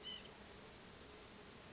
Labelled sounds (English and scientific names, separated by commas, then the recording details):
White-breasted Nuthatch (Sitta carolinensis)
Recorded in Sonoma County, California